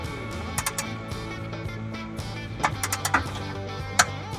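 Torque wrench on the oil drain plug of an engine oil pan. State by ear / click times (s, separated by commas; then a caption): torque reached / 4.0 s. A 3/8 inch torque wrench with a 16 mm socket, set to 20 ft-lb, tightens the oil drain plug on the engine oil pan of a Jeep Wrangler YJ while music plays in the background. Several short ratcheting ticks come before a single loud, sharp click at 4.0 s, confirming the plug has reached its set torque.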